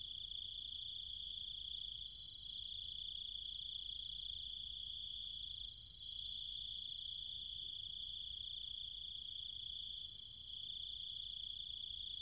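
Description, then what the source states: Cicada and insect chorus, an unbroken high buzzing hum overlaid by rapid, evenly pulsed shrill chirps, with short dips in loudness every few seconds. Cicadas and other insects calling at night in trees and fields of the countryside near Chiang Mai, Thailand.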